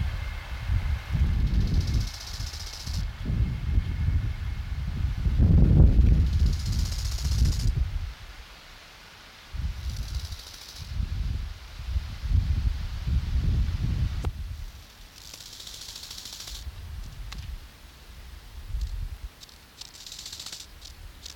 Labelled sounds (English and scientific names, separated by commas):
Bow-winged Grasshopper (Chorthippus biguttulus) stridulation